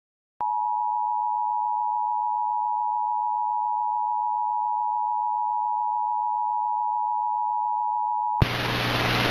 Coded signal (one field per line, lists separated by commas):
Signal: Emergency Alert System (SAME) tones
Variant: 853 and 960 Hz attention tone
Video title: EAS Mock: Vistalinks weird EASyPLUS